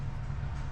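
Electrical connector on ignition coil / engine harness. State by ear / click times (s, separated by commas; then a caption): not seated / none. An electrical connector on the ignition coil or engine harness of a 2003 Chevy Cavalier is pushed on while the spark plug and coil install is being finished, over a steady low rumble with no sudden sounds. Nothing has clicked or latched, so the connector is not seated and is expected to fall off one day.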